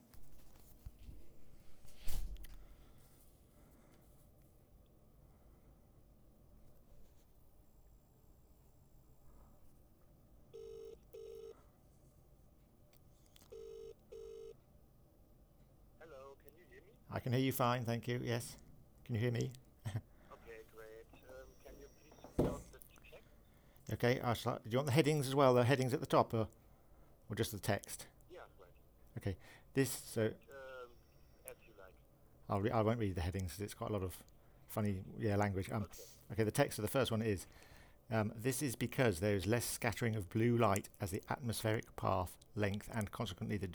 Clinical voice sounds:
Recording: text read into a phone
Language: English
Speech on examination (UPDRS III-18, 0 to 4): 1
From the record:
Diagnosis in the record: Parkinson's disease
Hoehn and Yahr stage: 2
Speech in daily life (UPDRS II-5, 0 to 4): 0

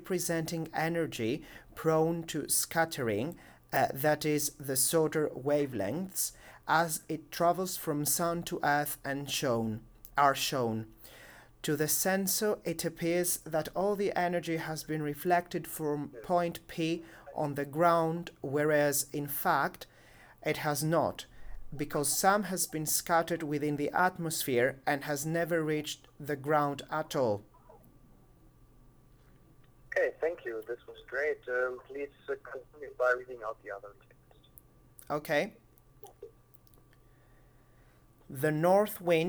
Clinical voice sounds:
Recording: text read into a phone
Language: English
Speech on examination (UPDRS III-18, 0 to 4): 0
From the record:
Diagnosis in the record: healthy control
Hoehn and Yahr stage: 0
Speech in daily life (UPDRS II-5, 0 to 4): 0

